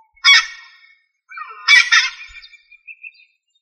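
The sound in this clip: Rail making two rough squawking calls, the second longer and trailing into faint thin whistled notes.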